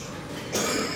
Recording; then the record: coughing mixed with background sound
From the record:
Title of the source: Spring Cold Coughing 3